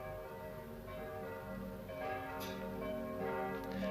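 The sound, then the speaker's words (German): Church bells ring continuously, their rich overlapping tones sustaining and swelling with fresh strikes now and then, a steady metallic clangor with no voices. “Mit dem Glockengebammel sollten Sie endlich aufhören.”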